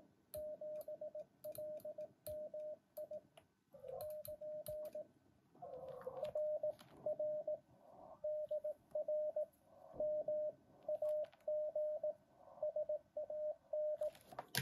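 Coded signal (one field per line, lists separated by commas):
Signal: Morse code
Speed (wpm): 18 wpm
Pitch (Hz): 610 Hz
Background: radio noise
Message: 7LMI <KN> RR DR MAG SAN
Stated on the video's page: Morning amateur CW contact on 7 MHz by a beginner, sent with many keying errors and uncut.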